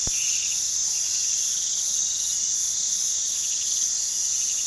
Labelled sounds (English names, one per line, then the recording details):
none
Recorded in pastures near Puerto Asís, Putumayo, Colombia, on 18 February 2024 at 03:30
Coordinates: 0.468, -76.328
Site G6414